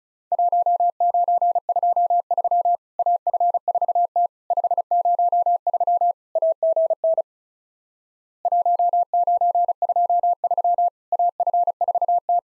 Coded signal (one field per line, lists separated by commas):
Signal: Morse code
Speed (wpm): 36 wpm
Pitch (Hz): 700 Hz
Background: none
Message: 1923 AF4T 503 AGN 1923 AF4T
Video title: Worked All Europe DX Contest QTC Exchange with Repeats 35wpm